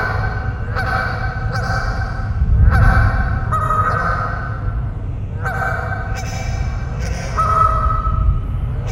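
Goose: geese giving harsh, barking honks in irregular bursts, calls overlapping and echoing, with a constant low-pitched rumble underneath.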